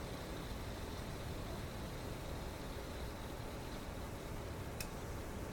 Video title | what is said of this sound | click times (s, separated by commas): ~Electric Pressure Cooker 10 Minute Spaghetti~ | And there, if you heard that little click, that was my lid unlocking itself. | 4.8 s